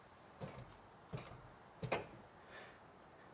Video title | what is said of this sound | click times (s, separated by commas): Does The QuickJack Make Working On Your Car Easier? | and that's it and it's locked into place | 1.9 s